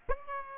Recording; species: mosquito wingbeat signal from an infrared sensor; Aedes aegypti